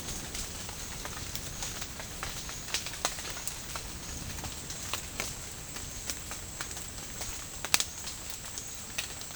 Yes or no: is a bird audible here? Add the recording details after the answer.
no. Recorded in dense forest near Puerto Asís, Putumayo, Colombia, on 27 June 2025 at 13:00. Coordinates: 0.481, -76.323. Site G072